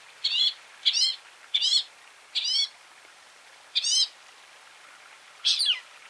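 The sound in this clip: Northern mockingbird song: a short warbled, wavering phrase repeated six times at uneven intervals, with pauses of up to about a second and a half between repeats.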